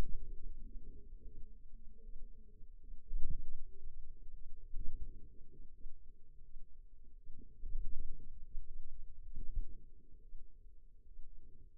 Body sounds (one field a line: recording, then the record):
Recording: forearm muscle sounds (acoustic myography)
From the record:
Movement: ulnar deviation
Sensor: system 2, bracelet of six BSWA MPA416 microphones around the upper forearm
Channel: 1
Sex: female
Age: 23 years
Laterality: right